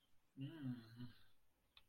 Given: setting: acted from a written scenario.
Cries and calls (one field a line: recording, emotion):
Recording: vocal sound without words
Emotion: embarrassment